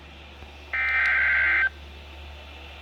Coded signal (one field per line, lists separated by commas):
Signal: Emergency Alert System (SAME) tones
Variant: header bursts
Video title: NOAA EAS Alert #44: Flash Flood Warning (FFW) San Bernardino County, CA